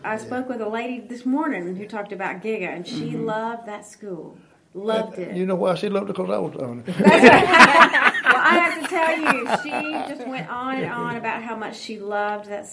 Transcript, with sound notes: I spoke with a lady this morning who talked about Geiger, and she loved that school. Loved it.
You know why she loved it?… Because I was down there.
(laughter) Well, I have to tell you, she just went on and on about how much she loved that school.